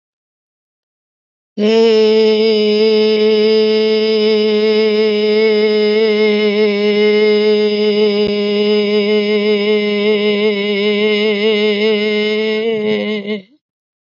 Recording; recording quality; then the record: sustained vowel as in made; excellent, no background noise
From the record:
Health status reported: healthy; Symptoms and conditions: hypertension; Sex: female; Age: 79 years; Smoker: not ticked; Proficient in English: yes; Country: India